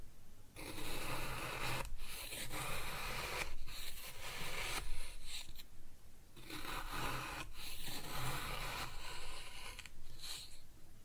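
Kinetic sand is cut and scooped in a run of dense, gritty scraping strokes, each lasting one to two seconds with short near-silent gaps between them. The texture is bright and crumbly, with a faint low hum underneath throughout.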